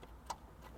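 A Beat-Sonic amplifier kit's plastic wiring harness connector is pushed into the radio socket of a 2023 Toyota 4Runner. A single sharp click at 0.3 s shows the connector latching fully into place. The latch is then confirmed as seated.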